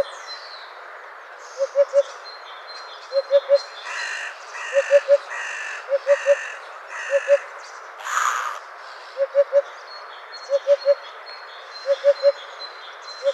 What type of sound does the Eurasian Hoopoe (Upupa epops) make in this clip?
song